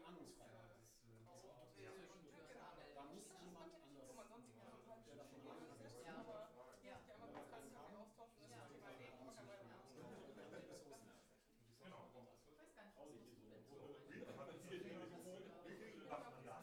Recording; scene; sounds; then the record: everyday scene through a hearing-aid microphone; many people talking; many voices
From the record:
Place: bistro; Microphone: behind the ear, left, front